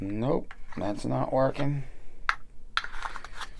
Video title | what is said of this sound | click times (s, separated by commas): Gerber, Olight, Cold Steel and Nite ize | i have it in wrong oh i didn't wrong there we go clicks right in and | 2.3 s, 2.8 s